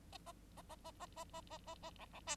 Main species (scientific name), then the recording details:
Lonchura striata domestica. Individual Bird9